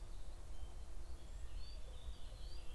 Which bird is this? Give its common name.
Eurasian Blackcap